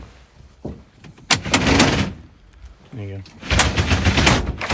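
A Pace Edwards retractable roll-top tonneau cover on a 2017 Nissan Navara 2.3dCi 190 Tekna Double Cab pickup (48k miles, full history) is handled along its load-bed rails toward the bed rail latch. Sharp rattling knocks and rolling clatter sound between stretches of quiet while someone talks. Nothing has seated or clicked into the latch yet.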